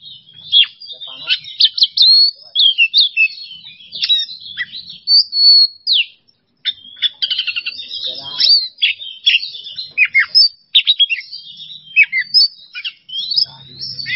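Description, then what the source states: Oriental magpie-robin in sustained song, fast sequences of sharp chips, whistled slurs and trills, with a brief silent break near six seconds before continuing. Masteran training recording for songbirds, kacer singing 'bongkar isian emosi' style: fired-up, showing off its full repertoire of fill-in phrases.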